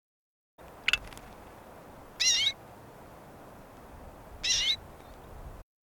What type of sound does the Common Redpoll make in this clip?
call